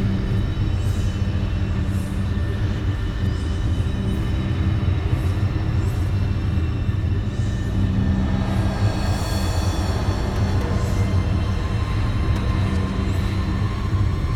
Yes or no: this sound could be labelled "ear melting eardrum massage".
no